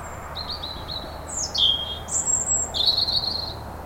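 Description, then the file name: European robin singing a varied run of high phrases, a short trill, a falling slur, then long, thin whistles at different pitches. "Erithacus rubecula"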